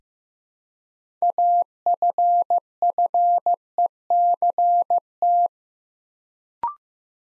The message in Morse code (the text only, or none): AFFECT